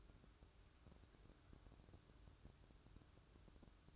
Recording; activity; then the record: daily activity, microphone in the room; take from stove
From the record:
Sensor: 2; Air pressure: 1007.9 hPa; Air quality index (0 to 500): 107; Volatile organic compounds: 1 ppm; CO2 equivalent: 799 ppm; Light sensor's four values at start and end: 7/16/6/6 and 7/16/6/6